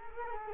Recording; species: mosquito wingbeat signal from an infrared sensor; Culex quinquefasciatus